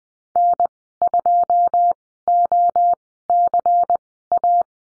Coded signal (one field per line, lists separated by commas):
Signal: Morse code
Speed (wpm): 20 wpm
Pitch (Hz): 700 Hz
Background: none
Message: N2OCA